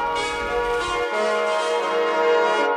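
Bright, sustained church bell tones ring out with a shimmering, layered resonance, opening a piece of music before any singing begins, with no voices present.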